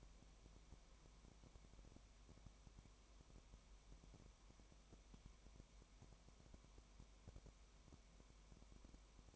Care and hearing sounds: daily activity, microphone in the room; no activity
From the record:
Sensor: 1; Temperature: 19.0 degrees Celsius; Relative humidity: 34.1%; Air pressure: 1001.3 hPa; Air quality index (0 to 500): 82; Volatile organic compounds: 1 ppm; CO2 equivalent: 822 ppm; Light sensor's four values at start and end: 1/2/1/1 and 1/2/1/1

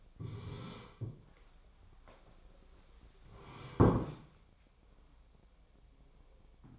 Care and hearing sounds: daily activity, microphone in the room; sit down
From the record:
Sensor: 1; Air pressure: 1015.2 hPa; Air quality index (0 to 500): 188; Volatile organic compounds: 18 ppm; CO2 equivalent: 2628 ppm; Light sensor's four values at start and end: 12/29/12/13 and 12/30/12/13

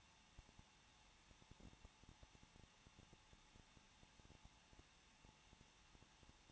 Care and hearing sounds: daily activity, microphone in the room; no activity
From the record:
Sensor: 1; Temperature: 20.1 degrees Celsius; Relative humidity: 39.4%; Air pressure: 1006.4 hPa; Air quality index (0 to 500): 219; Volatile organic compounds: 81 ppm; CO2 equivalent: 3618 ppm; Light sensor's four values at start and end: 1/2/1/1 and 1/2/1/1

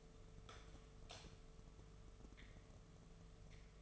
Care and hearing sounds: daily activity, microphone in the room; light off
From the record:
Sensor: 4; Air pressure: 1015.5 hPa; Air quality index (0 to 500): 176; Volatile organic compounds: 7 ppm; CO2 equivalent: 2037 ppm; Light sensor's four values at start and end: 17/42/17/17 and 17/39/16/16

